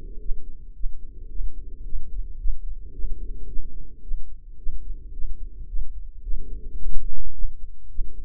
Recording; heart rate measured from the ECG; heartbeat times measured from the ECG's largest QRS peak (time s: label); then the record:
heart sounds by microphone in the right ear; 109 bpm
0.22 s: heartbeat
0.76 s: heartbeat
1.31 s: heartbeat
1.86 s: heartbeat
2.40 s: heartbeat
2.95 s: heartbeat
3.49 s: heartbeat
4.04 s: heartbeat
4.59 s: heartbeat
5.15 s: heartbeat
5.69 s: heartbeat
6.24 s: heartbeat
6.79 s: heartbeat
7.35 s: heartbeat
7.91 s: heartbeat
From the record:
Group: healthy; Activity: rest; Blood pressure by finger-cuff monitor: 118/61 mmHg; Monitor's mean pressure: 81 mmHg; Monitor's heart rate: 109 bpm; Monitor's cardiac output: 9.2 L/min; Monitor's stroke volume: 84 mL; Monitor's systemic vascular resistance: 640 dyn s/cm5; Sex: female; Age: 43 years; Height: 160 cm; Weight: 90 kg